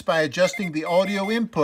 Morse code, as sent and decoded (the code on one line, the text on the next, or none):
... ---
SO